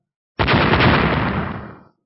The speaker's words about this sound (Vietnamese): Liên tiếp những tiếng động truyền ra, cung ảnh chạm vào nhau, trong hư không liên tiếp phát ra những tiếng nổ mạnh, chấn động tới mức hư không điên cuồng rung rẩy, cung ảnh cũng theo đó mà tiêu tan.